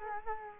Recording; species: mosquito wingbeat signal from an infrared sensor; Culex quinquefasciatus